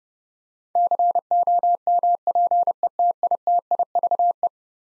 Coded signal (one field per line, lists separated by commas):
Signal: Morse code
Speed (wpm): 29 wpm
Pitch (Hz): 700 Hz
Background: none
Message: COMPETITIVE